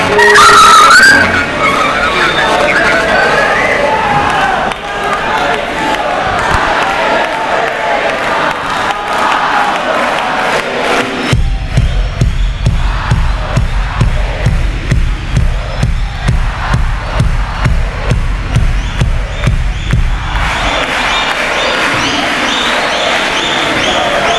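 A loud live band plays dense, distorted rock with crowd noise mixed in; a steady, pounding drum beat drives the middle section before the full wash of sound returns.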